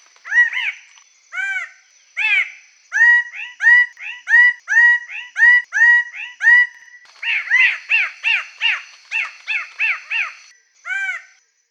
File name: cenderawasih merah omkicau